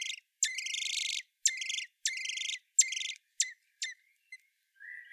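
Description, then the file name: Common blackbird calls: several loud, buzzy, harmonic chattering bursts, then a few sharp chinks and a soft rising note at the end. "Turdus merula"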